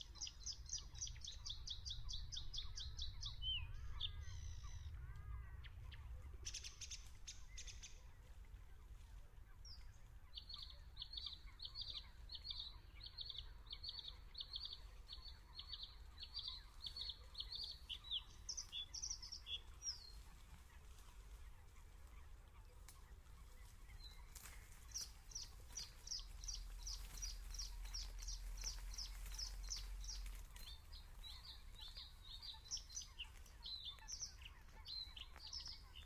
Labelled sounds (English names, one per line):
Bluethroat song